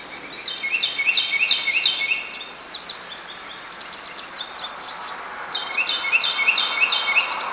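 Bird chirping: quick, high twittering notes in two main bursts, at the start and at the end, with a few fainter notes between, over a steady background hiss.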